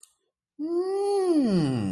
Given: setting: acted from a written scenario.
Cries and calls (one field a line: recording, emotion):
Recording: vocal sound without words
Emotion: interest